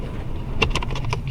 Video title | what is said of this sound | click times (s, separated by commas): Ram 1500 cabin filter mod !! | not clicking in Matta do some more trimming on this actually once | none